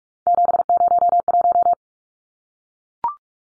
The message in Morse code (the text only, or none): 701